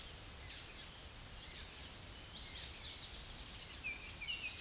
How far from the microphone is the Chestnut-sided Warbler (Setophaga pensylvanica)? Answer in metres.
about 35 m